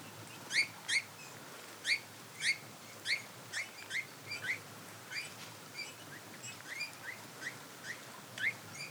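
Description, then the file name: Eurasian bullfinch uttering a long series of short, soft piping notes, some fainter, over low hiss. "Pyrrhula pyrrhula"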